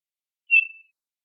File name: TOSO CALLS